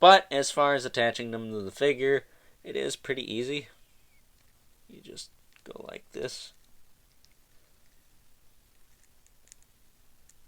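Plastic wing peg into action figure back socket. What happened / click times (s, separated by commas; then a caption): Handled, not yet home: plastic peg not yet seated in its socket / none. Someone talks while holding a plastic wing up to the peg hole on the back of a McFarlane Toys DC Multiverse Merciless wave Batman Who Laughs Sky Tyrant action figure, ready to press the peg into the back socket. After the talking stops, only faint handling noises and a few tiny ticks follow near 7.3, 9.3, 9.5 and 10.3 seconds. The wing has not popped in or seated yet by the end of the clip.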